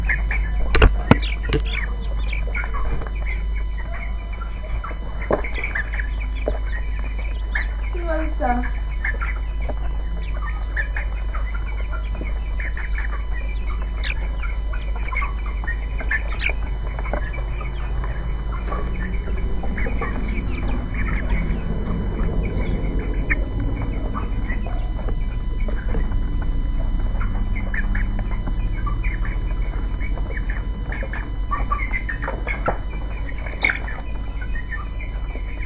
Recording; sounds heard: poultry house recording; background noise or bird activity such as feeding and pecking